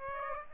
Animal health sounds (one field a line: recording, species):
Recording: mosquito wingbeat signal from an infrared sensor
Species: Aedes aegypti